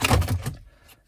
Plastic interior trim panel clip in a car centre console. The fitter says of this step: just pop it, and you'll hear a pop.